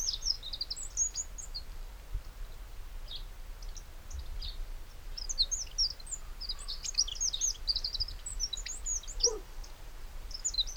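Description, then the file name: Eurasian wren giving scattered, high, sharp chirps in loose bursts, busiest in the second half, with a faint lower note briefly and a constant low hum. "Troglodytes troglodytes"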